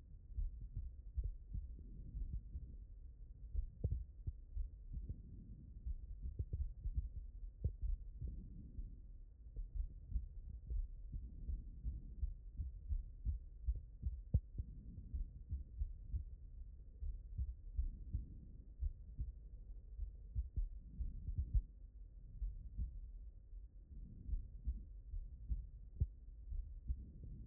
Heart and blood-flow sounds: heart sounds by stethoscope; pulmonary valve (PV)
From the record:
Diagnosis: non-HFrEF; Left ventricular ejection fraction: 53%

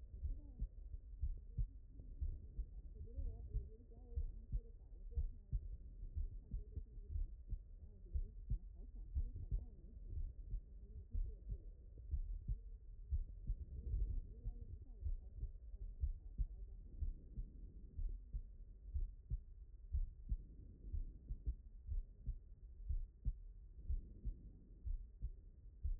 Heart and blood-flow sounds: heart sounds by stethoscope; pulmonary valve (PV)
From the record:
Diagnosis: non-HFrEF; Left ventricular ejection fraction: 74%

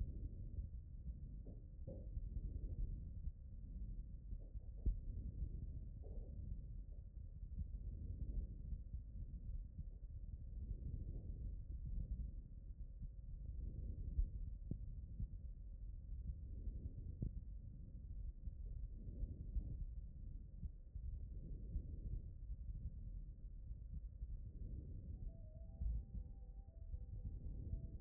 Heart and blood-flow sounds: heart sounds by stethoscope; aortic valve (AV)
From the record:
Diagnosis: non-HFrEF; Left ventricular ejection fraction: 66%

